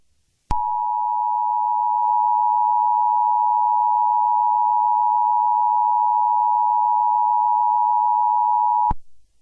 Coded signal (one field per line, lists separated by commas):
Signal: Emergency Alert System (SAME) tones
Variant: 853 and 960 Hz attention tone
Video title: Eas scenario Christmas Special - Burning Earth (With a Big Announcement At The End)